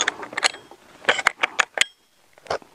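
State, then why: Not seated. A locking rod is pushed through the side hole of an electric trimmer's gearbox to hold the spindle so the nut can be unscrewed. Rattling, ratcheting metal taps and sharp clicks sound at about 0.1, 1.1, 1.3, 1.4, 1.6 and 1.8 s, with a softer clatter near 2.5 s. The pin has not caught and the spindle has not locked yet.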